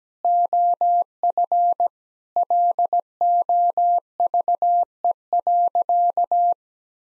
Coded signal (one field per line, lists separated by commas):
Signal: Morse code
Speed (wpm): 17 wpm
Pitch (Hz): 700 Hz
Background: none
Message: OF LOVE.